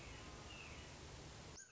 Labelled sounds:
Red-shouldered Hawk (Buteo lineatus)
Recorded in Sonoma County, California

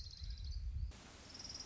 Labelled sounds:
Orange-crowned Warbler (Leiothlypis celata)
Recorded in Sonoma County, California

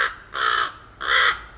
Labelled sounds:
Common Raven (Corvus corax)
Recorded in Sonoma County, California

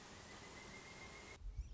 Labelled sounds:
Pileated Woodpecker (Dryocopus pileatus)
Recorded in Sonoma County, California

